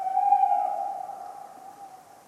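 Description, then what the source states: Tawny owl hoot, a long steady tone that starts loud and slowly fades over two seconds. A talkative owl on a cold autumn night, 11 November 1995, at the Ménigoute ornithological film festival, France.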